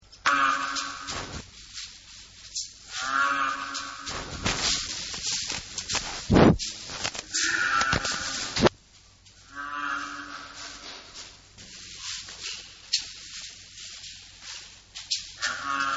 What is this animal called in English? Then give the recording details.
Indian Rhinoceros. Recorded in captivity. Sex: male. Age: adult. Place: Zoo Berlin, Berlin, DE. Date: 1985-11-29 13:56. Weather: fair, ca. 0°C. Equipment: Sony WM-D6C, 19 cm Kopie. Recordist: Tembrock, Günter